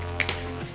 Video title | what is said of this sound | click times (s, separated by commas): Electrical Circuit Science Experiment - by kids - part 1 | yeah that's the clicking | 0.2 s, 0.3 s